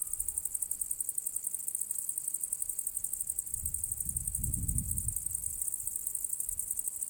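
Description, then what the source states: Cricket keeps up a high-pitched, rhythmic pulsing trill while a low rumble rises and fades partway through. Recorded on the southern slope of the path to the Cosilinium archaeological area; Zoom H6 recorder with MS capsule.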